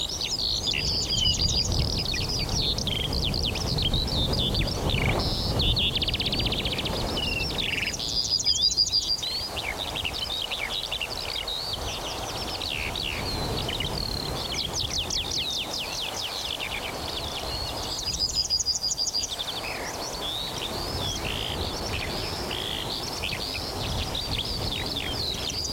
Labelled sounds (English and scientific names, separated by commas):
Yellowhammer (Emberiza citrinella)